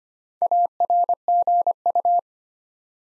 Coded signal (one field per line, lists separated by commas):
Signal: Morse code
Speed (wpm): 25 wpm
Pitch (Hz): 700 Hz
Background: none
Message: ARGU